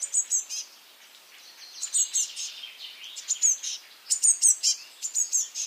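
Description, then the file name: Eurasian blue tit calls: clusters of very high, thin chirping notes in quick bursts, with short pauses between groups and a faint hiss behind. "Cyanistes caeruleus"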